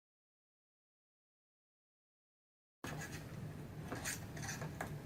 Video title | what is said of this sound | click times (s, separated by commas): Installing an SSD in a Dell Inspiron 17" 7000 Series - Model #7778 | when you hear the pop sound and you twist it over to the side that means by your unlocking the lock | 4.8 s